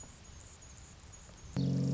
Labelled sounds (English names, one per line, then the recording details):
Anna's Hummingbird
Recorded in Sonoma County, California